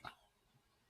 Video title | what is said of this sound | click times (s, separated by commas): Flory Models Live show! 3pm 20th June 2023 | oh that clicked in I heard that that's not coming out ever again | 0.1 s